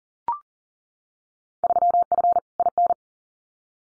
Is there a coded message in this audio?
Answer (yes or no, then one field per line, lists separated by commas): yes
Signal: Morse code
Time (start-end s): 1.6-2.9 s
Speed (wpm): 41 wpm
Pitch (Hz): 700 Hz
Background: none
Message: 3F IN